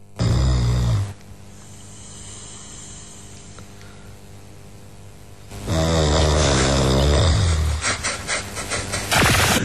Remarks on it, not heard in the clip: One of Newcastle's strongest snorers recorded by his brother in his room. One of the real loud, long ones. You can hear it on the other side of the house.